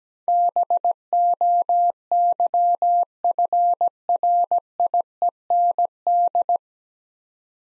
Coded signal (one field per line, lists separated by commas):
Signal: Morse code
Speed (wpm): 17 wpm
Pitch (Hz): 700 Hz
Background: none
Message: BOYFRIEND